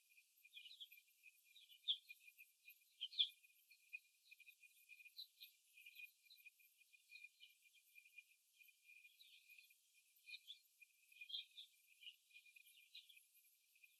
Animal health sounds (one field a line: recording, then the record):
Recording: young laying hens in a cage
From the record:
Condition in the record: before the stressor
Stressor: simulated dog barking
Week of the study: 1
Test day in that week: 2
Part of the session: 4